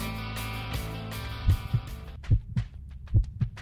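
A steady sustained tone fades out and gives way to a heartbeat: three deep, thudding double-beats in a slow, even lub-dub rhythm, with no voices.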